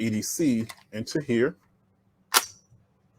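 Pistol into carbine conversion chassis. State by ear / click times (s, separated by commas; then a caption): partly seated / 2.4 s. A pistol is pushed into a carbine conversion chassis while someone talks, and a single sharp click is heard at 2.4 seconds. The pistol locks into the chassis but does not fully connect.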